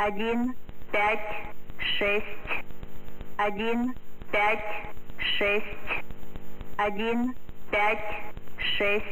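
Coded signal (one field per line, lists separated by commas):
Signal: numbers station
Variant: S06s, Russian female voice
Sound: female voice reading Russian numbers "one, five, six" repeated three times, evenly spaced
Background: radio hum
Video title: [S06s] Scheduled message; 26. June 2020, 8:30 UTC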